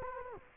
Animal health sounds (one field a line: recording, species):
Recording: mosquito wingbeat signal from an infrared sensor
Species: Anopheles gambiae